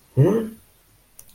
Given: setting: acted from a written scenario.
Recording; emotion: vocal sound without words; interest